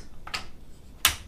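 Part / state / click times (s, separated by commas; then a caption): plastic door lock cover into washer top panel / seated / 1.1 s. A plastic door-lock cover is lined up and pressed down into the top panel of a Samsung VRT Steam Washer. Faint ticks around 0.3 s are followed by a sharp, loud snap at 1.1 s as the cover seats firmly in place.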